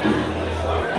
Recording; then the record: background sound without coughing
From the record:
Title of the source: CITY SOUNDS Busy Bar in the Evening Night - 2 HOURS of Ambiance for Relaxation